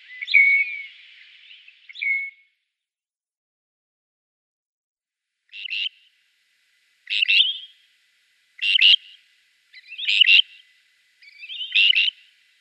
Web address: Schulze Peter Southern Grey Shrike song